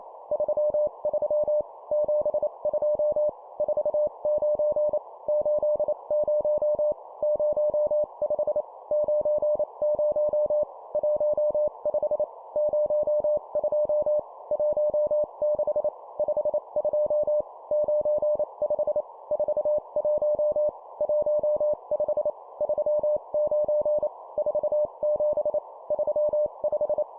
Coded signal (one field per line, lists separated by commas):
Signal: Morse code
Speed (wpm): 28 wpm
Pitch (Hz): 600 Hz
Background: none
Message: 33 72 49 80 05 90 15 02 16 52 95 41 15 39 47 35